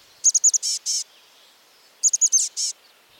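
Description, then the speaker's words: Chestnut-backed Chickadee call: twice a run of rapid high, thin chips followed by two short, hoarse buzzy notes, with silence between the phrases. Chickadee of resplendent brown, living in the Pacific Northwest. "A chickadee of resplendent brown, the chestnut-backed chickadee, calls the Pacific Northwest home."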